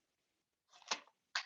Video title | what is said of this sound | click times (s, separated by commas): TSG Multimedia Podcast June 2021 All Things Trains | there we go and just snaps in and it's tight fit | 1.4 s